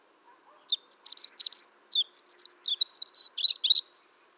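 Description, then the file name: European robin song: a rapid, varied phrase of high, thin warbles and trills, sparkling notes tumbling up and down for about three and a half seconds. "Erithacus rubecula"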